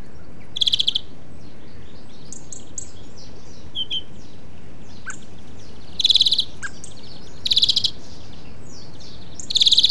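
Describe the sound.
European greenfinch giving short rapid trilled bursts, a few rattling series spaced irregularly, with faint chirps of other birds and steady background noise.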